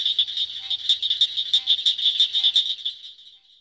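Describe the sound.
Southern cricket frog call: a fast run of sharp, metallic clicks, then fading out, with a few faint lower notes.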